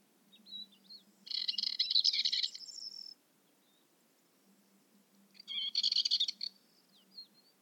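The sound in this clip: Bird song: two dense bursts of rapid high twittering and chirps, each lasting one to two seconds, separated by thin scattered whistles over a low steady hum.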